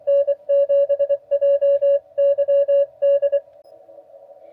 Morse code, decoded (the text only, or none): N7JYD